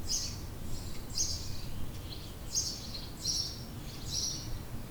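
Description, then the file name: House sparrow chirping in brief bursts, with a steady low rumble underneath. Recorded in 2008. "Haussperling 2008"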